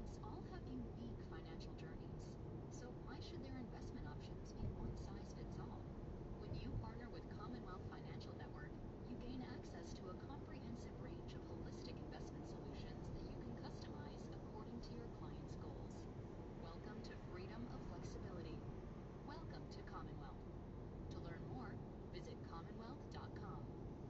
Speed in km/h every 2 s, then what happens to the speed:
45, 46, 48, 48, 48, 50, 50, 50, 51, 51, 49, 49.
0-24 steady at about 49.